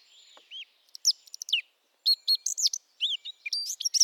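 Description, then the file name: Eurasian blackcap warbling: clear whistled and slurred notes mixed with quick chattering elements, delivered in tight, busy clusters throughout. "Sylvia atricapilla"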